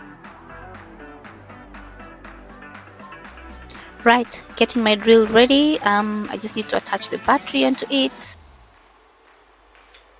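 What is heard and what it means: A battery pack is handled and slid toward a cordless drill while someone talks over background music, with a brief sharp tap near the start of the speech. The clip ends before the pack goes home; nothing has seated or clicked yet.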